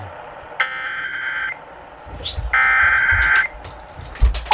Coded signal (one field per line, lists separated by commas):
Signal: Emergency Alert System (SAME) tones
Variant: header bursts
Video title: EAS Catches #15: Immediate Evacuation (9/8/2020)